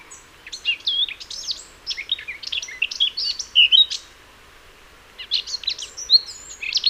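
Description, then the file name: Eurasian blackcap gives two bursts of fast, scratchy, chattering warble separated by a short pause, with faint hiss behind. "Sylvia atricapilla"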